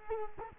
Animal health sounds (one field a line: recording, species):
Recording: mosquito wingbeat signal from an infrared sensor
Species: Culex quinquefasciatus